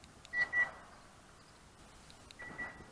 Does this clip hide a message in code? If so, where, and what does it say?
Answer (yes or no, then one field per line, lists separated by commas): no